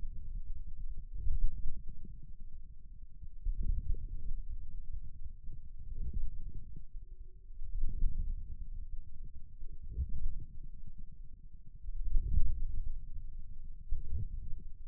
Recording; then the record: forearm muscle sounds (acoustic myography)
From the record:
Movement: inward rotation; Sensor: system 2, bracelet of six BSWA MPA416 microphones around the upper forearm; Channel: 4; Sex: male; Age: 22 years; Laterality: right